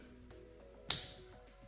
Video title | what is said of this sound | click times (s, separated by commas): 2021-2025 KIA K5 LXS (2.5L GDI) - Replace Purge Control Valve | You heard the click. | 0.9 s